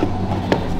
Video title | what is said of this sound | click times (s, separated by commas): Miller Electric Mobile Arc Review & Demo | So it just snaps right into that. | 0.5 s